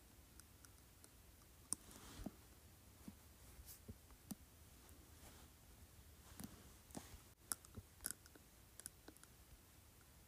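Soft tapping on plastic, with light, dry clicks landing irregularly every half second or so across the whole stretch. A few taps come out sharper and louder, near two, six and a half, and seven and a half seconds. A faint low hum stays underneath.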